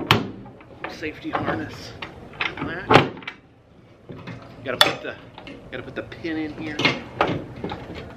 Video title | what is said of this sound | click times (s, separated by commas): My Own Scramber Car! Looking at My Collection and Reflecting on Amazing Memories and Friendships | Get it clicked in here. | 0.1 s